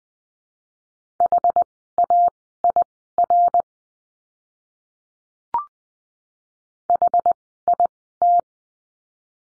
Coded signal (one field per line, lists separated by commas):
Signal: Morse code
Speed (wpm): 20 wpm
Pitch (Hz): 700 Hz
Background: none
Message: HAIR HIT